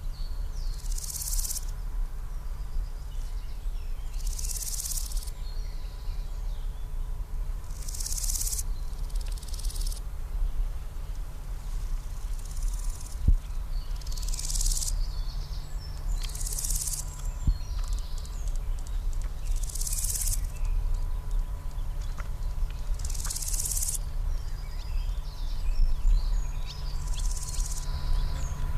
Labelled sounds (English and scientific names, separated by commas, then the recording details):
Large Gold Grasshopper (Chrysochraon dispar) stridulation
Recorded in the wild
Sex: male
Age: adult
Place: Mühlenbecker Land, OT Buchhorst, Naturpark Barnim, Brandenburg, DE
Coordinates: 52.6733, 13.3925
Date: 1991-07-06 11:25
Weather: sunny, 27°C
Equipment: Marantz, Sennheiser ME 80, Kopie Tesla B 116
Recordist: Tembrock, Günter